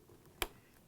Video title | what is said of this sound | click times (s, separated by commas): Whirlpool Refrigerator Door Gasket W10830189 Replacement — fits KitchenAid/Maytag | make sure it clicks so we need to install all the three hinges at the same time | 0.4 s